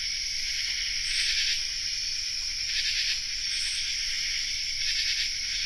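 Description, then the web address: Common true katydid chorus: rasping buzzy bursts swelling over a constant shrill insect drone. Chorus, North America. "Nature Songs N America Songs of Insects Common True Katydid chorus"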